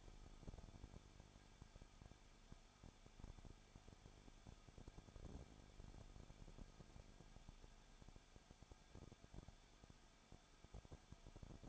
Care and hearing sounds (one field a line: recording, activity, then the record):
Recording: daily activity, microphone in the room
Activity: no activity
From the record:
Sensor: 5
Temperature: 20.9 degrees Celsius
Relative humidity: 35.1%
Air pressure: 994.7 hPa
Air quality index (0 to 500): 153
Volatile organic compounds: 2 ppm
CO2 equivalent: 1280 ppm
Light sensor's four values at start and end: 2/3/1/1 and 2/3/1/1